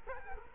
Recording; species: mosquito wingbeat signal from an infrared sensor; Culex quinquefasciatus